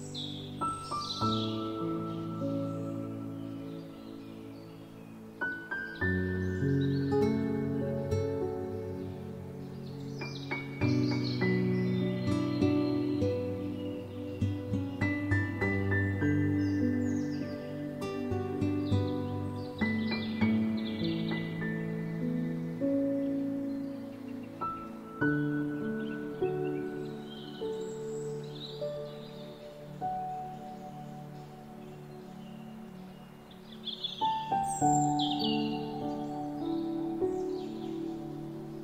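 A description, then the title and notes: Music plays with birds singing over it. A warm, sustained low-to-mid chord pad shifts every few seconds, around 6, 11, 20, 25 and 34 seconds, while quick bright chirps and trills flicker on top throughout. The blend stays steady and full. Relaxing Music with Birds Singing.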